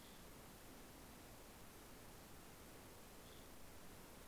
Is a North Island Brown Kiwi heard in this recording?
no